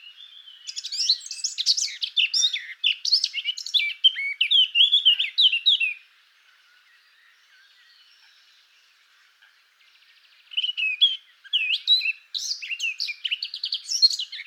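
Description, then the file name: Eurasian blackcap song: rich, fast, scratchy warbling in two bursts, separated by a pause of about four seconds of quiet. "Fauvette a tete noire"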